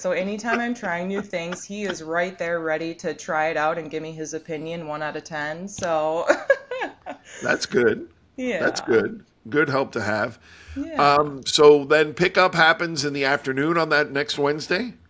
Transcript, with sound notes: So anytime I’m trying new things, he is right there, ready to try it out and give me his opinion, 1 out of 10. (laughing)
That’s good, that’s good. Good help to have. So then, pick up happens in the afternoon on that next Wednesday?